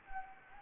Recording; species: mosquito wingbeat signal from an infrared sensor; Anopheles gambiae